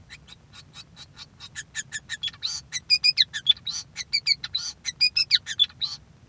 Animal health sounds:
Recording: song of a male Bengalese finch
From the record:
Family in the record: son of father 5

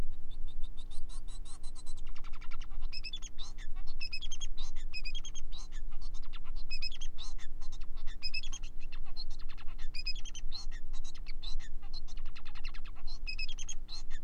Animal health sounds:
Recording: song of a male Bengalese finch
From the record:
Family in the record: son of father 4

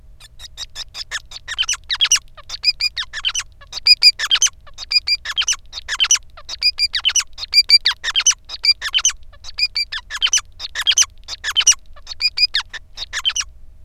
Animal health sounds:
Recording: song of a male Bengalese finch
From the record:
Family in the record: son of father 5

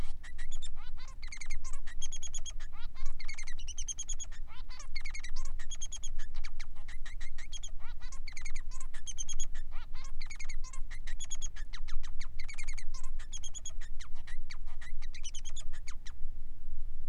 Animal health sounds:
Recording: song of a male Bengalese finch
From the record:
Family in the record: son of father 3

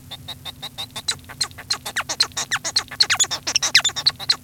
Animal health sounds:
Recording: song of a male Bengalese finch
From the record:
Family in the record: son of father 1

